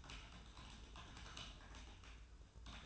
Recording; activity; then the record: daily activity, microphone in the room; typing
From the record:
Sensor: 2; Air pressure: 994.3 hPa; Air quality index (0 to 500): 210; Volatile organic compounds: 1000 ppm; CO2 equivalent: 6917 ppm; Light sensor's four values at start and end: 54/125/53/55 and 54/125/53/55